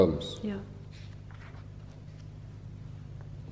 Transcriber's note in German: blättern von Papieren